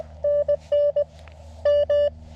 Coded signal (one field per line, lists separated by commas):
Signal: Morse code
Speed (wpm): 19 wpm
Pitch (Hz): 620 Hz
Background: none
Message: NN M